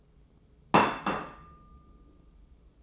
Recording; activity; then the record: daily activity, microphone in the room; place plate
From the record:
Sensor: 1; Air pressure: 995.3 hPa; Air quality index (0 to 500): 29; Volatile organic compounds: 1 ppm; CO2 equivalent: 551 ppm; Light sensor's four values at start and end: 13/47/17/18 and 13/47/17/17